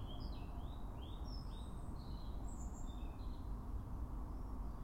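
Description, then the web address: European robin singing thin, high whistled phrases that waver and slide in quick succession, over a steady low rumbling background noise. "pub SETE data Erithacus rubecula"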